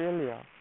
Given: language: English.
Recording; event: throat vibration sensor signal played as sound; speech